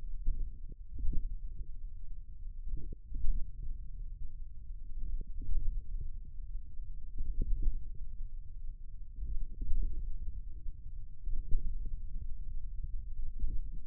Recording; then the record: forearm muscle sounds (acoustic myography)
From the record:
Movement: index flexion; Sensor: system 1, eight BSWA MPA416 microphones around the upper forearm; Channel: 5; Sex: male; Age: 41 years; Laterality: right